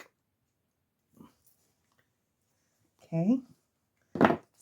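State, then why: Seated. Someone talks while a metal rivet is fitted to a denim jeans pocket: the rivet back is first snapped on by hand, then pressed home with a rivet setter. A sharp click sounds at 4.2 s, with a second at 4.3 s, as the rivet snaps home and seats on the pocket.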